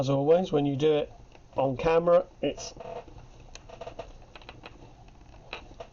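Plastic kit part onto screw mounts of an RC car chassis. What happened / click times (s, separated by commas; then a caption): The plastic part did not snap into place / none. Someone talks while pushing a plastic kit part onto the screw mounts of an RC car chassis. Short clicks and taps follow between about 3.5 and 5.5 seconds. The part fails to lock into place, so nothing has seated or clicked yet, and an M3 drill is to be run through the plastic so it slides over the screws more easily.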